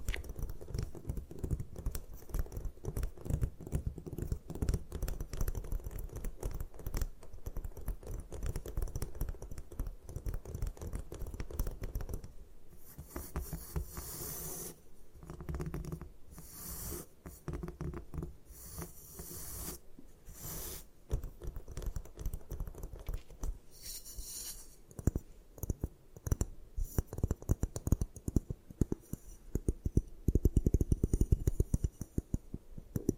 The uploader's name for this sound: Satisfying Ways to Destroy Gym Chalk